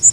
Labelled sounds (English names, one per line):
Northern Waterthrush flight call